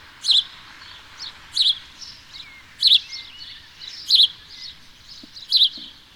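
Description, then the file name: House sparrow chirps repeated about every second and a quarter, loud and shrill, with softer chirps and faint thin whistles behind. "Passer domesticus"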